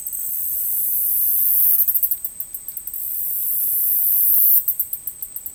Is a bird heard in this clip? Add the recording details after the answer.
no. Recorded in dense forest near Puerto Asís, Putumayo, Colombia, on 22 June 2025 at 11:30. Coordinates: 0.503, -76.323. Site G059